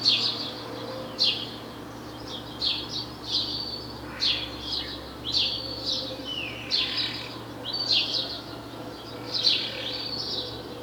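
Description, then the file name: House sparrow chirps, bright notes given singly and in short bursts throughout, with a faint low hum behind them. "Passer domesticus"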